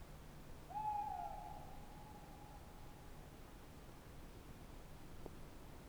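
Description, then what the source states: Tawny owl giving a single drawn-out hoot that swells quickly, then trails off over about two seconds, with faint hiss and a soft click afterward. Tawny owl at night on wooded banks of the Dordogne near Limeuil, France, under a starry sky; end of Cadouin festival; recorded with Sonosax SX-R4+ and DPA 4022 microphones.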